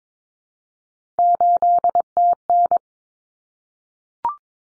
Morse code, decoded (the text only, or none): 8TN